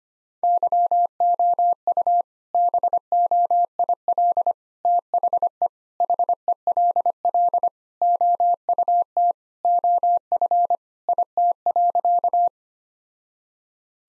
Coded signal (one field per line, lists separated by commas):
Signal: Morse code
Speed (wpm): 25 wpm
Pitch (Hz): 700 Hz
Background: none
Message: YOU BOIL THE HELL OUT OF IT.